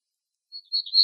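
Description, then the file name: Black-throated gray warbler singing a brief phrase of thin, buzzy high notes that swing up and down slightly and get louder at the close; otherwise quiet. Recorded in Arizona, 17 April 2004. "BTYW 6 deviche"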